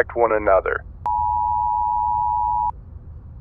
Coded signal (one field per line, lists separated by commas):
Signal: Emergency Alert System (SAME) tones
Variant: 853 and 960 Hz attention tone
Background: speech